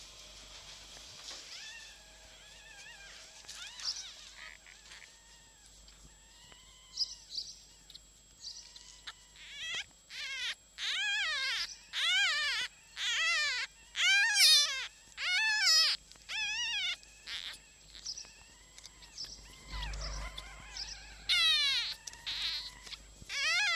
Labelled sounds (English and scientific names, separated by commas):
Red Fox (Vulpes vulpes)